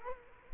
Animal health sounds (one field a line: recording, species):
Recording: mosquito wingbeat signal from an infrared sensor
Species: Culex quinquefasciatus